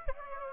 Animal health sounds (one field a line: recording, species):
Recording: mosquito wingbeat signal from an infrared sensor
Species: Aedes aegypti